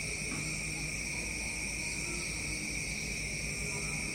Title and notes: Villa jungle paradise - Unawatuna, Sri Lanka, insect drones and dawn chorus. Recorded by Espaces Sonores. Part of the Music for Sleep project